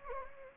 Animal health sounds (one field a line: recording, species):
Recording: mosquito wingbeat signal from an infrared sensor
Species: Anopheles gambiae